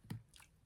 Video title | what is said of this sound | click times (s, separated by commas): fitting single cap and double capped rivets using hand tools | and you heard there's an audible snap as that goes on not all of them do that audible snap but most of them do | 0.1 s